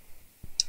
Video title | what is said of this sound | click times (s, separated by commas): Asus e210M no power -repair and my new solder iron Hakko 951 | and now it's working here so you have to push the tip it has to clip | 0.6 s